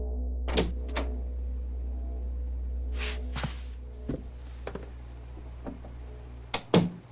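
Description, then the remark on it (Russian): A man presses the handle of a cabin door with two sharp clicks, then the door swings open with a brief swish, followed by scattered knocks and a final louder clack over a steady low hum. “Поколебавшись, я нажал ручку.”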